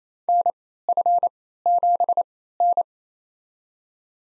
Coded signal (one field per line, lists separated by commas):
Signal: Morse code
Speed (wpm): 28 wpm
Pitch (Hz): 700 Hz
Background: none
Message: NF7N